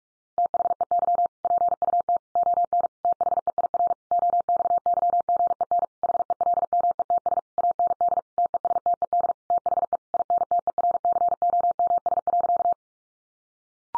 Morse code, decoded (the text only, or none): THEY PUT ON THEIR OXYGEN HELMETS AND TESTED THE INTERCOMS.